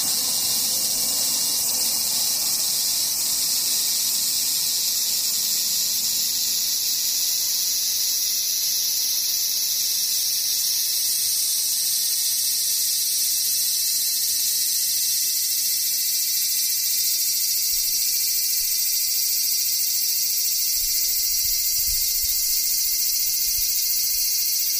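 Cicadas buzz in a steady, dense wash of high, hissing sound that holds for the whole stretch without pause. Fainter, thinner whining lines sit beneath it, and a soft low rumble swells briefly near the start and again around twenty-one seconds.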